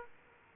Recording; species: mosquito wingbeat signal from an infrared sensor; Aedes aegypti